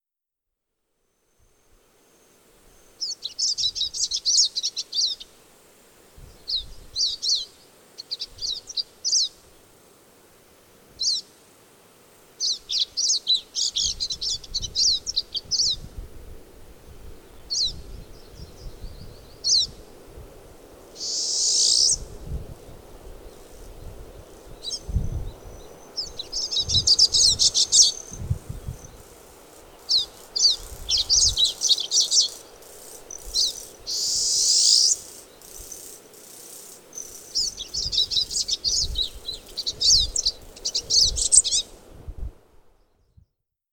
Pine Siskin song recorded on the Bridal Veil Falls Trail in Rocky Mountain National Park.